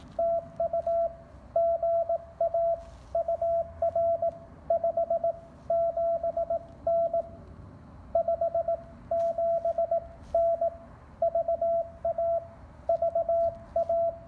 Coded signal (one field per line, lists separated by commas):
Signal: Morse code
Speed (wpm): 19 wpm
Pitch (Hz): 670 Hz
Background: none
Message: TU GA UR 57N 57N VA VA